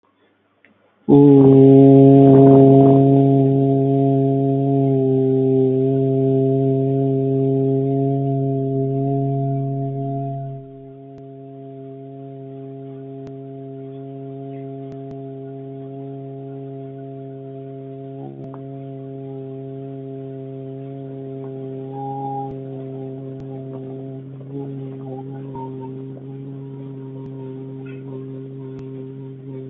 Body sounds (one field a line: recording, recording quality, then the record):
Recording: sustained vowel as in boot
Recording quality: excellent, no background noise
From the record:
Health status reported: healthy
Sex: male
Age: 34 years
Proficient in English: yes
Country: India